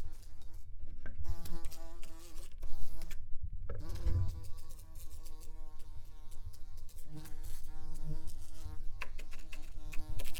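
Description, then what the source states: Fly buzzing, a steady droning hum with harmonics, with brief silent gaps and a few soft taps. Flying around.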